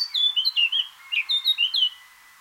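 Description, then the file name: Eurasian blackcap singing a quick run of varied whistled notes, bright and liquid, tumbling over one another for about two seconds. "Sylvia atricapilla"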